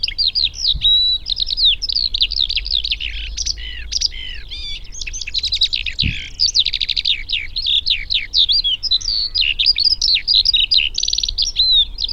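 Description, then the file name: Eurasian skylark song, a long rushing flow of trills, buzzes and chirps without break, with a faint low thump midway. "alauda arvensis"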